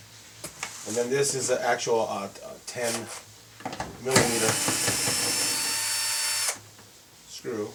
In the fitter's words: and pop it off and then it goes back in and then just snaps back in